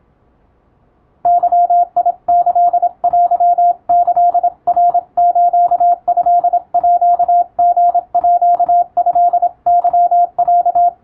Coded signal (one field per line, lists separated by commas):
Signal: Morse code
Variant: Japanese Wabun code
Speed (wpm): 26 wpm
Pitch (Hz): 700 Hz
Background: radio noise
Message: ゲキテキナストーリートケロ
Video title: 青春カムバック！懐かしいモールス通信をもう一度聞き直してみよう！YouTubeの再生速度を調整して受信練習を始めてみませんか(morse code practice radio operator )